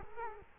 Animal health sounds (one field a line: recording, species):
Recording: mosquito wingbeat signal from an infrared sensor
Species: Culex quinquefasciatus